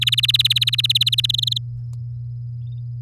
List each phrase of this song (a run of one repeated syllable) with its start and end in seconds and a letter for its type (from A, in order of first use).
0.01-1.26 A, 1.29-1.58 B